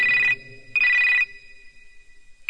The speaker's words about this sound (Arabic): دق التليفون.